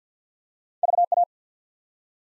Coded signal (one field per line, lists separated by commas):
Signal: Morse code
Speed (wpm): 49 wpm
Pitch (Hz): 700 Hz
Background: none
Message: VA